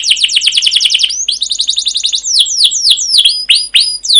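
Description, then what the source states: Canary song with a fast rolling trill, a second trill, then separate sharp downward-sweeping chirps and a high whistle. Long rolling canary song (masteran), used as a lure to prompt other canaries to sing.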